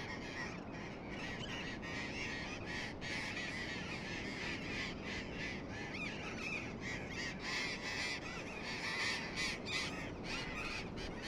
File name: loros barranqueros